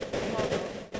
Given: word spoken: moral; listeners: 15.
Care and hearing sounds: one English word in noise, from a listening test; noise modulated by three-talker babble; -7.2 dB; 0 of 15; 11 of 15; 0.60 s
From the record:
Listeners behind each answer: 11, 1, 1, 1, 1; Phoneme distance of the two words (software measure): 17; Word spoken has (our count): 2 syllables, 5 phonemes, stress on syllable 1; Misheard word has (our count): 2 syllables, 4 phonemes, stress on syllable 1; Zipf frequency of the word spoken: 4.28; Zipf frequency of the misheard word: 4.67

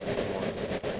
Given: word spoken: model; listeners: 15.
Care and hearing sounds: one English word in noise, from a listening test; noise modulated by three-talker babble; -6.6 dB; 0 of 15; 6 of 15; 0.60 s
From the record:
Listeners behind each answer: 6, 2, 1, 1, 1, 1, 1, 1, 1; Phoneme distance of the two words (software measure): 37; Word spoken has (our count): 2 syllables, 4 phonemes, stress on syllable 1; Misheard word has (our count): 1 syllable, 3 phonemes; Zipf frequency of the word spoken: 4.67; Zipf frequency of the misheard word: 6.56

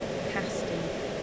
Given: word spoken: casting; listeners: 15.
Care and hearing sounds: one English word in noise, from a listening test; speech-shaped noise; -5.5 dB; 6 of 15; 6 of 15; 0.83 s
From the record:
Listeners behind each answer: 6, 6, 3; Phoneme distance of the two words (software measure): 37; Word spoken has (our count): 2 syllables, 6 phonemes, stress on syllable 1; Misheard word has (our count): 2 syllables, 5 phonemes, stress on syllable 1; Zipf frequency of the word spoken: 3.88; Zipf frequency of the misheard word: 3.63

